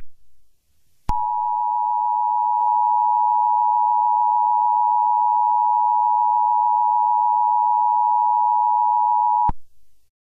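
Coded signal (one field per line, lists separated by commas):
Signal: Emergency Alert System (SAME) tones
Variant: 853 and 960 Hz attention tone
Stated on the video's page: Fictional Fourth of July EAS scenario.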